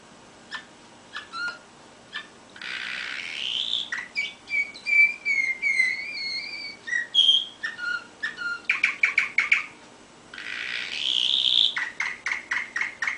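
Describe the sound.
Canary song with scattered chirps, hissy bursts, whistled rolling notes and quick repeated chirp runs, broken by short pauses.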